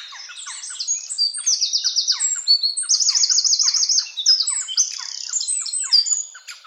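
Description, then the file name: Eurasian wren song: a loud, fast torrent of high notes with two bright, rattling trills. "Troglodytes troglodytes"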